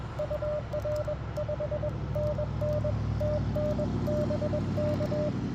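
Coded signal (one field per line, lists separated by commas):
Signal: Morse code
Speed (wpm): 21 wpm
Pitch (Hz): 590 Hz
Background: none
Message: UR 5NN TN BK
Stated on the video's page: Portable CW on a QMX during a park activation of a wildlife management area, after trying out antenna ideas.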